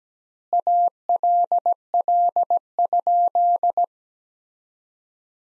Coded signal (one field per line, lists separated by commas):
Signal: Morse code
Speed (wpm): 17 wpm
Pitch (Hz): 700 Hz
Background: none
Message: ALL?